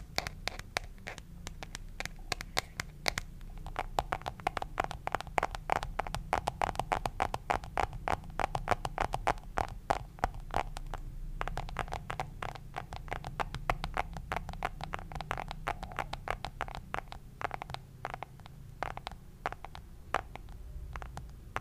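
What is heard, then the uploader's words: Rapid, fairly regular tapping on a display continues throughout in dense sharp clicks, over a steady low hum in the background. Display tapping. In today’s episode I’ll tap on my IPhone.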